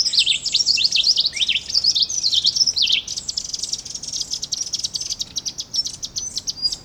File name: Slaty bellied tesia